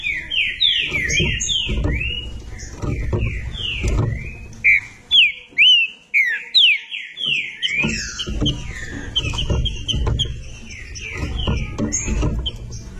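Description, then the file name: Green-winged saltator singing a long, rich phrase of sweet whistled notes, each swooping up or down, delivered rapidly and continuously over a low background rumble. "canto do trinca ferro"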